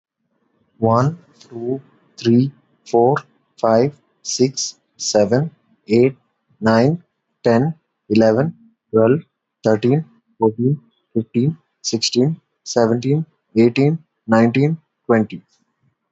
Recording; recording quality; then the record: counting at a normal pace; excellent, no background noise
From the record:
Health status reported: healthy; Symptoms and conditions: none ticked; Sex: male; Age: 22 years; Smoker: not ticked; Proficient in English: yes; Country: India